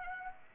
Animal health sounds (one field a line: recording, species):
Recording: mosquito wingbeat signal from an infrared sensor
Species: Aedes aegypti